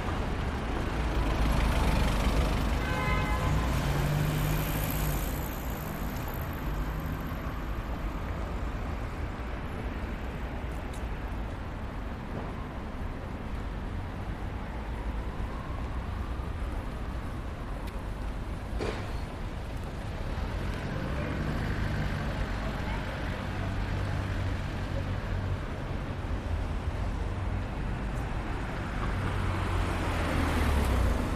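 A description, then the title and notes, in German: Street noise from central London: a steady, dense, low traffic rumble runs throughout, with vehicles swelling past in the first five seconds and again over the last ten. A brief high whine sounds near three seconds, and a sharp knock lands around nineteen. Erleben Sie die Geräusche der Londoner Innenstadt.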